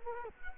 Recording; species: mosquito wingbeat signal from an infrared sensor; Culex quinquefasciatus